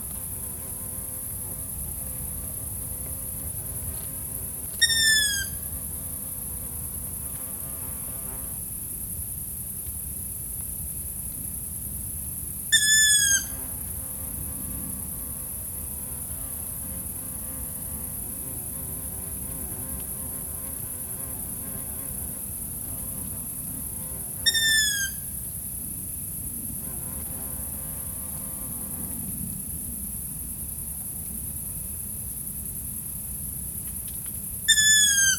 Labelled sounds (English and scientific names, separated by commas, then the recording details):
Long-eared Owl (Asio otus) call
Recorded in the wild
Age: juvenile
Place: Flemmingen, Thuringia, DE
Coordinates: 50.9338, 12.615
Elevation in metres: 256
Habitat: orchard meadow
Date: 2024-07-26 22:49
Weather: 20°C, no wind
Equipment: Sound Devices MixPre6, Sennheiser MKH8060
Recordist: Frommolt, Karl-Heinz